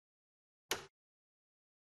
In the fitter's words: aid slide the hoop into the embroidery unit so it locks in place